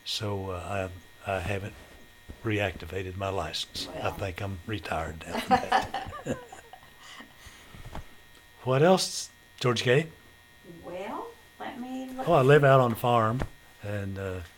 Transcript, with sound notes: So I haven't reactivated my license.
Well--
I think I'm retired now from that. (Laughter) What else Georgia Kay?
Well, let me look--
Oh I lived out on the farm and